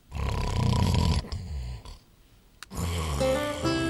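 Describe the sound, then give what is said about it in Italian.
A person snores loudly twice, each long, rough, rattling breath separated by a short quieter pause, with no talking. “E tu, russi? Sai che può essere indice di una sindrome?”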